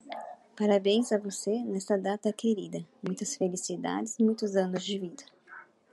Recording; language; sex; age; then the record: short text; Brazilian Portuguese; female; 40 to 49 years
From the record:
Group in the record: control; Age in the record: 48 years